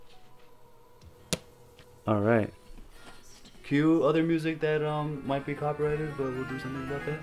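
A twist clasp on a picnic basket lid catches and clicks shut with one sharp, bright click at 1.3 s against a quiet background. Afterward, someone talks and music begins to play, so the clasp is latched.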